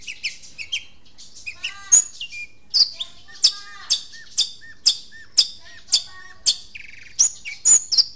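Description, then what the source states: Long-tailed shrike song: a varied run of sharp, harsh notes mixed with short whistles and clicks, delivered in quick, uneven bursts. Long-tailed shrike, known locally as cendet, singing in the song style called "super tembak".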